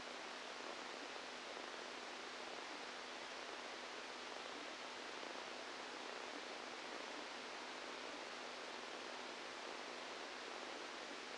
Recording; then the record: brain microelectrode recording played as sound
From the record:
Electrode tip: inside the subthalamic nucleus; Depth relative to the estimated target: -3 mm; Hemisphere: left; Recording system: NeuroSet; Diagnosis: Parkinson's disease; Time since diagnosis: 17 years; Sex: male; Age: 64 years